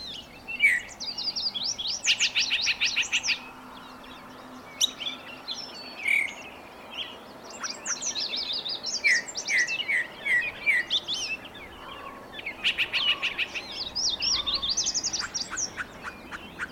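Mixed birdsong: overlapping warbles, buzzy trilled bursts and runs of quick chirps from several birds, continuing throughout.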